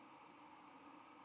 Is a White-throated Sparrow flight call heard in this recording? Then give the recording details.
yes. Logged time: 08:48 on 31 October 2014